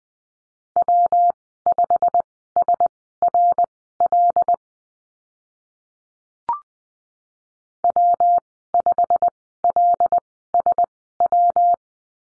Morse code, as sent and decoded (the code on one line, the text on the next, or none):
.-- ..... ... .-. .-.. / .-- ..... .-.. ... .--
W5SRL W5LSW